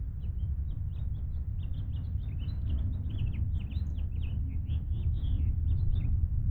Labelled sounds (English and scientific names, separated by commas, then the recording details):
House Finch (Haemorhous mexicanus) song
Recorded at Wantagh on Long Island, New York, on 21 May 1975
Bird C